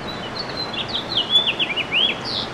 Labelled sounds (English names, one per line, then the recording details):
House Finch song
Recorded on Long Island, New York, on 8 May 2012
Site VS
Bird B